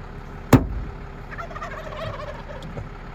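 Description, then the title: Wild Turkey gobble, a rapid bubbling rattle lasting just over a second, following a single sharp clap; low steady background rumble. Springtime; male toms gobbling in response to clapping. "The Turkeys Are Out And About"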